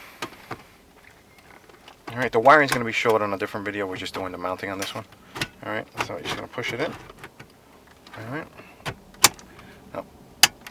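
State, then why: Seated. A Pioneer AVH-P8400BH aftermarket radio in its mounting kit is pushed into the dash opening of a 2007–08 Audi A4/S4 while someone talks. Quiet rattles and taps follow, then a loud knock at 9.2 s and a sharp, loud hit at 10.4 s as the radio chassis locks into the dash mounting.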